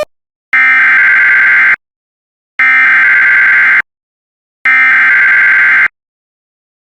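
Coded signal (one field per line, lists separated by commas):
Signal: Emergency Alert System (SAME) tones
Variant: header bursts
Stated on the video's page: Fifteen stacked headers on WJON radio: severe thunderstorm warnings, watches, EAS tests and a tornado warning.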